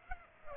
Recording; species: mosquito wingbeat signal from an infrared sensor; Aedes aegypti